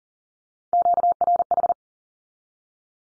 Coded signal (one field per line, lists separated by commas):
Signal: Morse code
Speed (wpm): 40 wpm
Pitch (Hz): 700 Hz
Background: none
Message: QRH